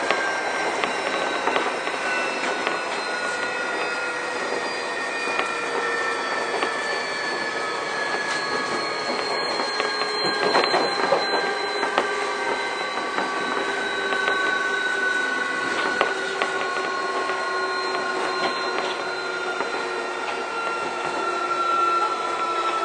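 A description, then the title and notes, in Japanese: A Keio 1000 series train running between Shibuya and Kichijoji, heard as a steady, dense rumble with several whining motor tones that slide slowly downward as the train slows. Scattered clicks and knocks from the wheels come through, especially around ten and sixteen seconds. 京王1000系 渋谷〜吉祥寺。急行運用を録音しました。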